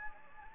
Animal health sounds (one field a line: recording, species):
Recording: mosquito wingbeat signal from an infrared sensor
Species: Anopheles gambiae